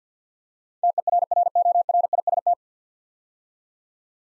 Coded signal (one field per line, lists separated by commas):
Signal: Morse code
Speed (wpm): 50 wpm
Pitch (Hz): 700 Hz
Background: none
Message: TERRORIST